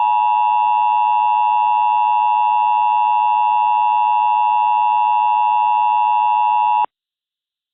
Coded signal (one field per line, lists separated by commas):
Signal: Emergency Alert System (SAME) tones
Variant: 853 and 960 Hz attention tone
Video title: EAS Mock Up #16 - Power Plant Boom